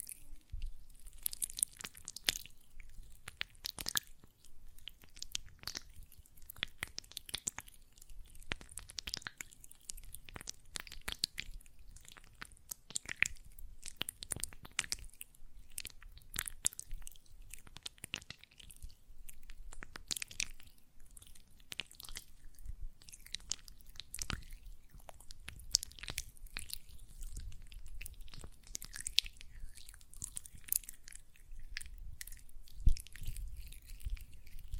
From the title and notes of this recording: ASMR Gel Lotion Hand Sounds (No Talking).